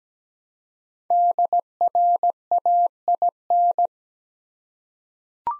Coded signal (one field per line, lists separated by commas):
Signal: Morse code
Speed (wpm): 17 wpm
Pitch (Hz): 700 Hz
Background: none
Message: DRAIN